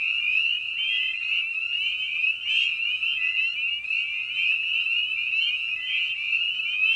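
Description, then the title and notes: Spring peepers fill the air with a continuous shrill chorus of upslurred peeps. Evening at a frog pond. "Episode 5: Night of the Peepers. we return to the frog pond for a meditative evening. Spring Peeper (Pseudacris crucifer). Ian Carlsen"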